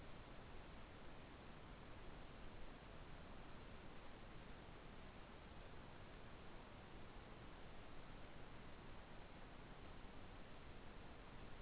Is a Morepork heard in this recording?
no